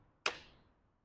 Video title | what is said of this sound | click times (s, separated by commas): ₹55,000/- Ki Electric Cycle - Hero Lectro F6i Walkaround - MotorBeam Hindi | तो फिलहाल मैंने बैटरी को रख दिया है और एक सेटिस्फाइंग क्लिक आवाज आप सुनिए अभी। | 0.3 s